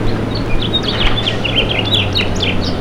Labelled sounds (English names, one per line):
House Finch song